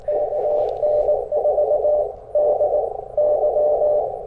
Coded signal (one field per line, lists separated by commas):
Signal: Morse code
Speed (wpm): 19 wpm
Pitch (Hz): 600 Hz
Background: radio noise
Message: KN4DY